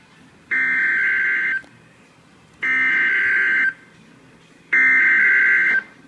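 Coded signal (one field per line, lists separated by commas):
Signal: Emergency Alert System (SAME) tones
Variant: header bursts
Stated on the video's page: Severe thunderstorm warning from a NOAA Weather Radio station, captured from a live stream.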